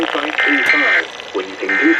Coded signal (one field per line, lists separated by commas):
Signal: Emergency Alert System (SAME) tones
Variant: end-of-message bursts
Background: speech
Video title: 600 ALERTS! FLW on WXJ84, WKAZ, WKWS & WVAF (2/4/22) EAS 599-602